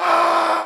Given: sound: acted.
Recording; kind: vocal sound; scream